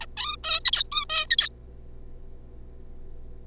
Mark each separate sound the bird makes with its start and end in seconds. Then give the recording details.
0.01-0.06, 0.17-0.36, 0.43-0.60, 0.65-0.84, 0.92-1.05, 1.09-1.26, 1.31-1.49. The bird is a juvenile. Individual R3549